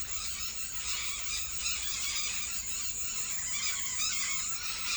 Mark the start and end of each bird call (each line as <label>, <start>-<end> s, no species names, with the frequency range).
bird call (0.7-6.7 kHz), 0.00-4.96 s